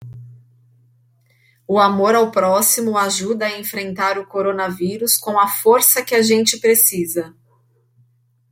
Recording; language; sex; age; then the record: spoken sentence; Brazilian Portuguese; female; 30 to 39 years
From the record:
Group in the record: control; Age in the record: 37 years